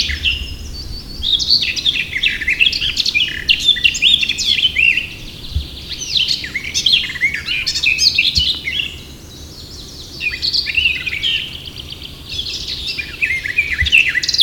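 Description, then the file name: Eurasian blackcap singing long, rambling warbled phrases of varied chirps and whistles, broken by a brief silent gap before the chattering warble resumes. "Sylvia atricapilla"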